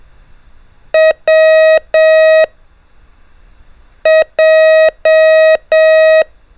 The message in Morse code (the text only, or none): W J